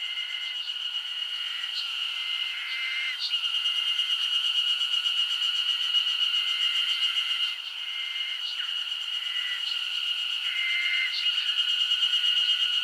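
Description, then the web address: Insects in a dense summer chorus: a steady high ringing drone, with shorter buzzy trills starting and stopping underneath and faint ticking pulses above. Insect chorus recorded as a summer ambience in Japan. "Foundation 1 AMBIENCE JAPANESE SUMMER INSECTS"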